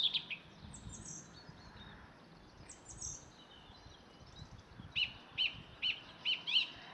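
Thrush: faint varied high phrases, then a run of five clear repeated notes about 0.4 seconds apart, over low background noise.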